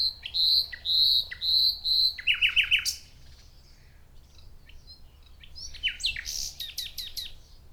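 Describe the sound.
Common nightingale song opening with four pure whistled notes, then a fast stuttering run, a pause, and loud varied chirping phrases.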